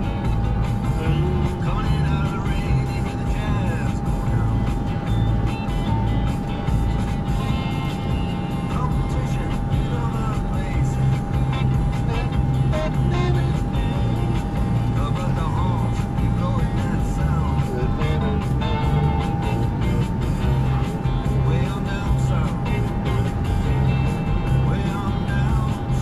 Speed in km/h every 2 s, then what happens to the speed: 82, 84, 84, 81, 81, 81, 81, 82, 79, 81, 84, 87, 87.
0-17 steady at about 81. 17-26 speeds up to 87.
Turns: none.